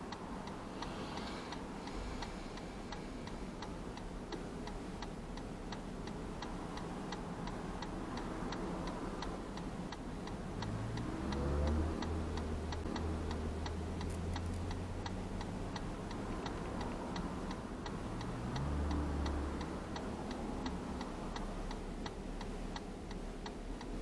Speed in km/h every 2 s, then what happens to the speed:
0, 0, 0, 0, 0, 0, 0, 0, 0, 0, 0, 0.
0-24 standing.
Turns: none.